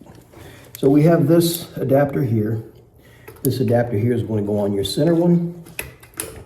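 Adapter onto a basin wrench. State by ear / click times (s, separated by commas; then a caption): seated / 5.8 s, 6.2 s. A plumbing adapter is pushed up onto the center fitting of a basin wrench until it locks in place while someone talks. Two sharp clicks are heard at 5.8 s and 6.2 s as it seats.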